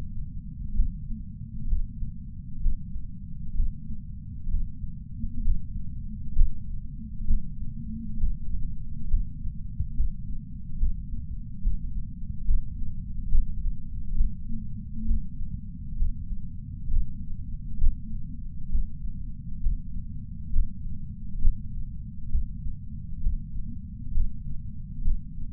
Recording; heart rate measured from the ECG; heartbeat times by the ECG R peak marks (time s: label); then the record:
heart sounds by patch sensor on the chest; 67 bpm
0.73 s: heartbeat
1.66 s: heartbeat
2.60 s: heartbeat
3.53 s: heartbeat
4.48 s: heartbeat
5.41 s: heartbeat
6.33 s: heartbeat
7.25 s: heartbeat
8.18 s: heartbeat
9.08 s: heartbeat
9.94 s: heartbeat
10.77 s: heartbeat
11.61 s: heartbeat
12.44 s: heartbeat
13.29 s: heartbeat
14.15 s: heartbeat
15.05 s: heartbeat
15.96 s: heartbeat
16.88 s: heartbeat
17.78 s: heartbeat
18.69 s: heartbeat
19.60 s: heartbeat
20.50 s: heartbeat
21.39 s: heartbeat
22.29 s: heartbeat
23.21 s: heartbeat
24.11 s: heartbeat
25.02 s: heartbeat
From the record:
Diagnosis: coronary artery disease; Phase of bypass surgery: preoperative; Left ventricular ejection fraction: 64.7%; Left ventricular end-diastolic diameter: 48 mm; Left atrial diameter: 35 mm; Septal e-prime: 7.2 cm/s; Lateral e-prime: 9.9 cm/s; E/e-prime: 8.2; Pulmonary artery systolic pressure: 27 mmHg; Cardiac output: 5.5 L/min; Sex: male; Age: 75 years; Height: 167 cm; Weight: 58 kg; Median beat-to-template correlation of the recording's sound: 0.83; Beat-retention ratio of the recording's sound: 0.99